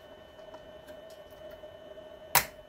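A DDR3 memory module is pressed into a motherboard DIMM slot until the retaining tabs lock. After a quiet stretch with a steady faint hum, a single sharp click sounds at 2.4 s as the stick seats.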